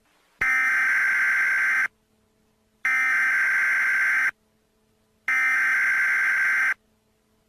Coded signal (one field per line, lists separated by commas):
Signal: Emergency Alert System (SAME) tones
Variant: header bursts